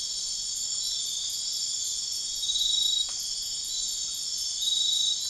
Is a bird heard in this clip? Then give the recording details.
no. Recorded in dense forest near Puerto Asís, Putumayo, Colombia, on 4 March 2025 at 01:30. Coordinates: 0.500, -76.322. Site GP06